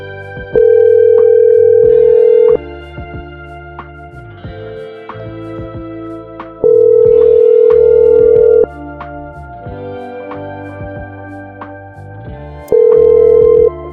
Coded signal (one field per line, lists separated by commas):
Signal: telephone call progress tone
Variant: North America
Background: music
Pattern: ringback tone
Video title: SSTV Ep.1: Ethan Ralph and the SecureServer.tv Data Breach [Hacks, Prank Calls and LolSuits]